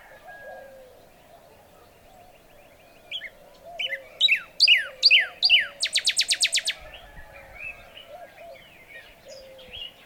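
Northern Cardinal singing a short phrase of loud downslurred whistles followed by a fast burst of clipped repeated notes.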